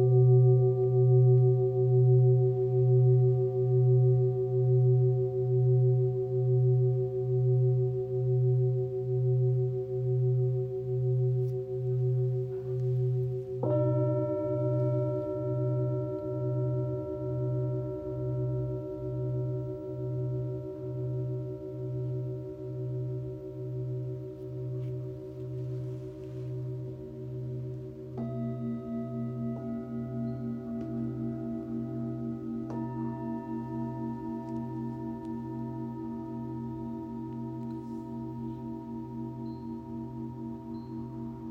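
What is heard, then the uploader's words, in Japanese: A Tibetan singing bowl and sanukite stones ring together in long, overlapping tones over a low, steadily wavering hum. New strikes near 14, 28 and 33 seconds add bright ringing notes above, and each layer fades slowly with no other sounds. チャボとサヌカイト、チベタンシンギングボウルの三重奏。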